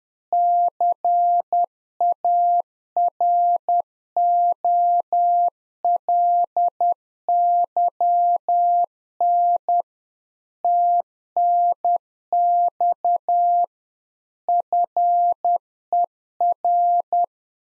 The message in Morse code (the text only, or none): CAROLYN TNX FER